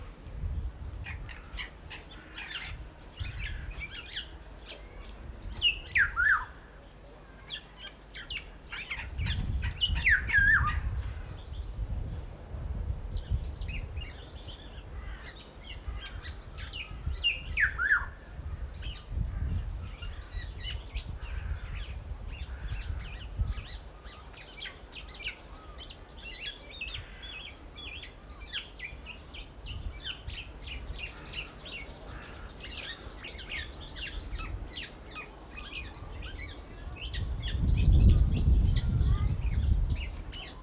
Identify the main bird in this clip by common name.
Black-naped Oriole